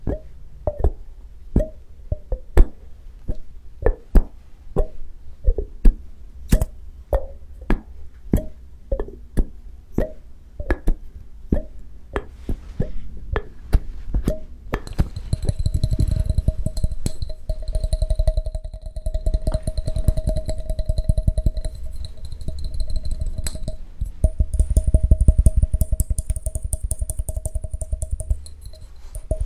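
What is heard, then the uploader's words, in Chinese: Glassware for a lab experiment, beakers and test tubes, clinks and plops in a regular run of sharp taps for the first fifteen seconds, roughly two per second. After that a steady bubbling hiss takes over with a constant whine and a low rumble, swelling slightly toward the end. 烧杯 试管 做个实验。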